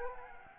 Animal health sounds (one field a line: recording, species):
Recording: mosquito wingbeat signal from an infrared sensor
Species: Anopheles gambiae